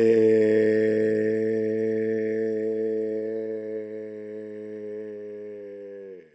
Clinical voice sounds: sustained vowel /e/; male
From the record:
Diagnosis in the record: healthy control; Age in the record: 68 years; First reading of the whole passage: 59 s, 8.7 characters per second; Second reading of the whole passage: 51 s, 9.9 characters per second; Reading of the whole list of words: 42 s, 6.7 characters per second

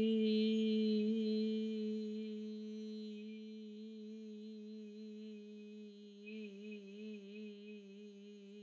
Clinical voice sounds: sustained vowel /i/; female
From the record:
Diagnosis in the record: healthy control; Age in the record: 70 years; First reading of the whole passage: 149 s, 3.0 characters per second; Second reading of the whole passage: 105 s, 4.4 characters per second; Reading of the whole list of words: 65 s, 4.0 characters per second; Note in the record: marked for poor recording quality or reading difficulty

